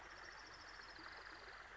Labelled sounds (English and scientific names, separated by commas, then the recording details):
Orange-crowned Warbler (Leiothlypis celata)
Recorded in Sonoma County, California